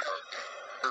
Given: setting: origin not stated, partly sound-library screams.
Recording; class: one-second piece from a danger detection set; woman in danger